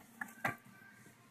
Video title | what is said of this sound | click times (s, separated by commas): 1st Gen Sportage Instrument lights LED | the polarity and make sure it clicks in real good and | 0.2 s, 0.4 s